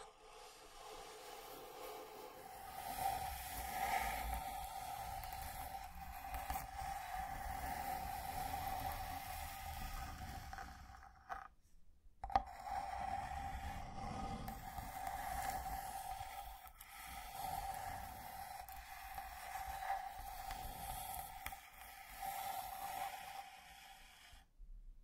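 Slow scratching and tracing across a wooden box, a continuous rough scrape with a steady, ringing mid-pitched tone running through it. The stroke breaks off briefly a little before the halfway point, then resumes at an even pace until it stops just before the end.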